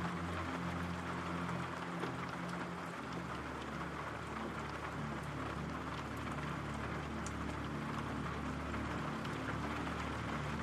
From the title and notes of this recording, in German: Regengeräuschen und ruhiger Musik.